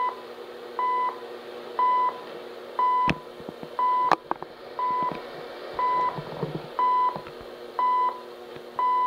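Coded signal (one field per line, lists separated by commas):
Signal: radio time signal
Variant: CHU Canada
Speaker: reception of chu canada here let me turn that down this is chu canada it is a canadian time station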